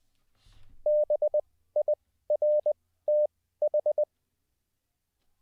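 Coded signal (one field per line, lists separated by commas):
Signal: Morse code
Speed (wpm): 20 wpm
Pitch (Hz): 600 Hz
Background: none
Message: BIRTH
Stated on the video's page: Morse code practiced live as a daily CW learning session.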